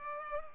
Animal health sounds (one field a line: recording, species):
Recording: mosquito wingbeat signal from an infrared sensor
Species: Culex pipiens